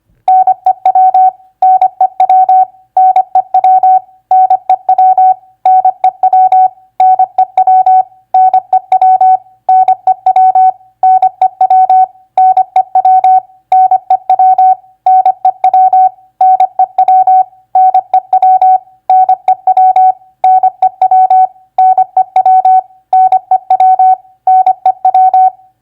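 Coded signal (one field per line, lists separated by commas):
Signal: Morse code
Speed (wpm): 25 wpm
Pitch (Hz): 750 Hz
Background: none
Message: NEW NEW NEW NEW NEW NEW NEW NEW NEW NEW NEW NEW NEW NEW NEW NEW NEW NEW NEW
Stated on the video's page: Morse practice for common three-letter word recognition at 25 wpm.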